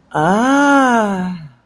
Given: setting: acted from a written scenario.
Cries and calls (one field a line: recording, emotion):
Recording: vocal sound without words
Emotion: interest